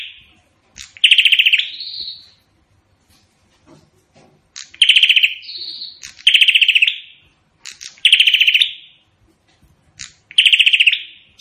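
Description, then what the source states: Prinia song of loud rattling trills repeated every one and a half to four seconds, some ending in a short higher buzzy note, with quiet gaps between. Singing vigorously (gacor); song described as sounding like AK-47 gunfire.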